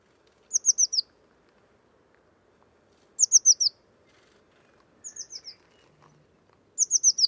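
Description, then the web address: Bird uttering four series of four high, thin, falling notes, spaced two to three seconds apart, the third series softer than the rest. Bird sounds only, class labelled Cy Ca. "cianscape birddata Deverinetal 2025 Bird Only Cy Ca"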